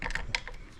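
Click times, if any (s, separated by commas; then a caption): 0.4 s. A 1/4 in. click-type torque wrench set to 43 in-lbs tightens a bolt with a socket, with a few quick ratcheting ticks at first. A sharp, louder click at 0.3 s confirms it has reached the set torque, followed by a faint tick just after.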